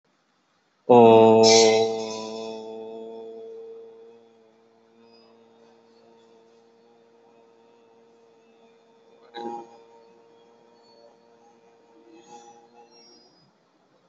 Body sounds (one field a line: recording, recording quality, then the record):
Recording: sustained vowel as in boot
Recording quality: excellent, no background noise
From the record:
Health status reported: COVID-19 positive, mild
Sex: male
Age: 22 years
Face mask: not worn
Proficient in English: yes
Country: India